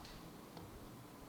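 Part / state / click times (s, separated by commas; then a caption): smartphone onto magnetic charging dock connector / not seated / none. A Sony Xperia Z2 smartphone is handled over a DK30 magnetic charging dock, made in China, so that its side pin connectors line up with the dock's connectors. Only quiet, steady handling noise is heard, with one brief faint tick at about 0.6 s. The phone has not seated and the magnet has not clicked it home yet.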